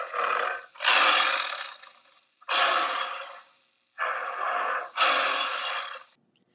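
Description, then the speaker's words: Bengal tiger roaring in five rough, breathy bursts, each about a second long, with short gaps between them. Top predator from India, the largest member of the cat family. "Here's the sound of the Bengal tiger."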